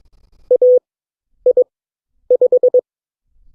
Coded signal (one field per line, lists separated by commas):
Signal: Morse code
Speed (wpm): 20 wpm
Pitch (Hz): 500 Hz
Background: none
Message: AI5